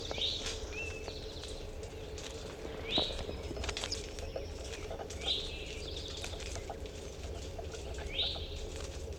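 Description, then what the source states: Crossbill calls, a few sharp chip notes spaced a few seconds apart over constant low rumbling noise. Eight captive birds in a small 2-cubic-foot cage.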